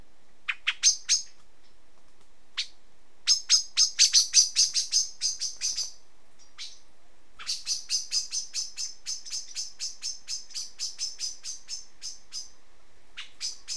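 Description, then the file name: Common blackbird calls: sharp, clicking chinks in quick bursts, several runs of rapid repeated notes separated by short pauses, including a long steady series. "Turdus merula"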